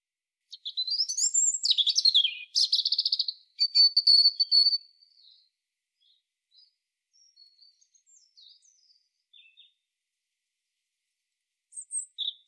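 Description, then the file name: European robin singing a loud, fast phrase of high sliding whistles and rippling trills for about four seconds, trailing into faint notes and a short burst at the end. "Erithacus rubecula"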